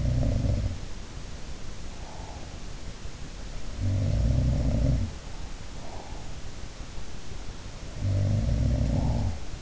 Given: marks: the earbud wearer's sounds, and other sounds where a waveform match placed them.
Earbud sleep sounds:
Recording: sounds in sleep by an in-ear microphone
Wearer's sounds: breath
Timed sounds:
0.00-0.96 s: sound from someone else or the room
1.73-2.92 s: breath
3.55-6.70 s: sound from someone else or the room
5.40-6.70 s: breath
7.78-9.62 s: sound from someone else or the room
8.77-9.62 s: breath

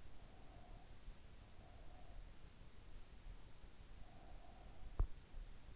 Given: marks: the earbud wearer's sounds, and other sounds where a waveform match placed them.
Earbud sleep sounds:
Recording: sounds in sleep by an in-ear microphone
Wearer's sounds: breath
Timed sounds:
0.00-2.89 s: breath
3.96-5.26 s: breath

